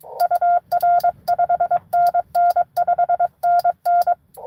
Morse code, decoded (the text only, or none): UR 5NN 5NN